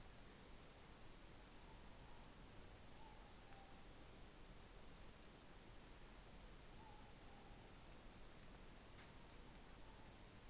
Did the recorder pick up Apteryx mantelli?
no